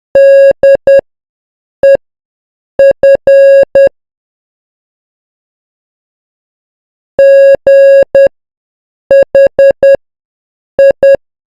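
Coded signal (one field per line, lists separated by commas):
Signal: Morse code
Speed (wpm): 10 wpm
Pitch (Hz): 550 Hz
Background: none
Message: DEF GHI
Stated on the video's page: Morse alphabet A to Z sent at 10 wpm.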